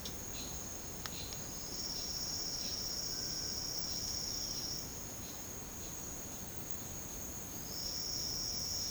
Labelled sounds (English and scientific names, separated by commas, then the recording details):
none
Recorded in secondary vegetation near Puerto Asís, Putumayo, Colombia, on 9 March 2025 at 11:00
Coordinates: 0.484, -76.319
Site G010